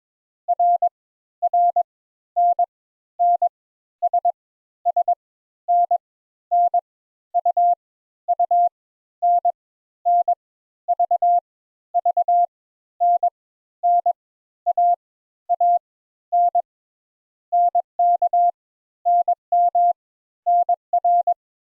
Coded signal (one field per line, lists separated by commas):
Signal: Morse code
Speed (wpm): 22 wpm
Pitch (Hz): 700 Hz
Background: none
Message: R R N N S S N N U U N N V V N N A A N NK NM NR